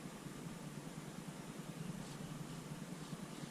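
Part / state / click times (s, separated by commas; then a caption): fitting part into fiberglass nosecone/avbay / not seated / none. A part is being worked down into a fiberglass G12 avbay nosecone by hand, heard only as a steady broadband hiss with a low hum and no distinct impacts. Nothing has seated or clicked into the nosecone yet.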